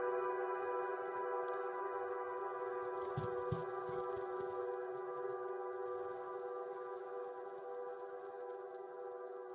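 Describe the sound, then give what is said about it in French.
A dense, steady wash of layered sustained tones with a bright shimmering shimmer-reverb tail, holding an even level throughout, broken only by a brief cluster of soft low hits early on. “Alors ça c'est une réverb que je connais, c'est Valhalla, non? C'est Valhalla Shimmer, non?”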